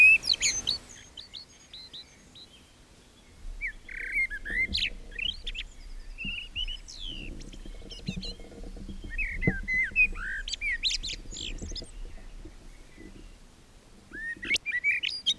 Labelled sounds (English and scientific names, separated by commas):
Common Blackbird (Turdus merula) song